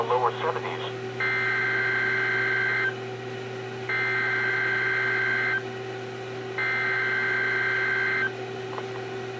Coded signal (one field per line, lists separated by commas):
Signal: Emergency Alert System (SAME) tones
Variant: header bursts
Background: speech